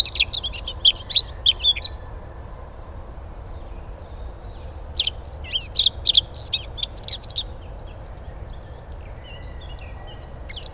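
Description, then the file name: Eurasian blackcap song: energetic bursts of quick, jumbled high warbles at the opening and again midway, with faint thin whistles and soft hiss between phrases. "Sylvia atricapilla"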